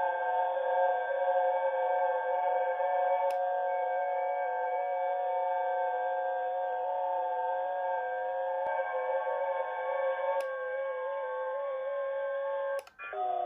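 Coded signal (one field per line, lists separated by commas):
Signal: FT8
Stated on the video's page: FT8 and other digital modes run on the SDR Minion QRP transceiver, controlled from a computer through FlRig.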